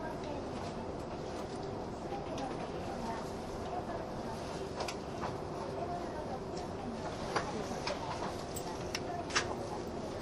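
Running noise from inside the Spacia X No. 7 limited express train: a steady, dense low rumble fills the whole ten seconds with little change. Faint murmuring voices sit in the background, and brief sharp clicks or knocks cut through around five, seven and nine seconds.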